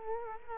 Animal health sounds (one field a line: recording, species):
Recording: mosquito wingbeat signal from an infrared sensor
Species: Culex quinquefasciatus